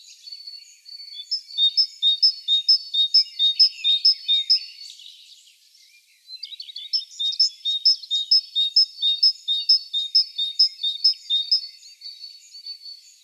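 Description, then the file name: Great tit singing a fast, regular series of high two-note 'teacher' phrases, falling silent for a moment, then starting a second equally steady run. "Parus major"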